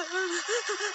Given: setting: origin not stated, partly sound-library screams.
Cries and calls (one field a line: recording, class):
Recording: one-second piece from a danger detection set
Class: woman in danger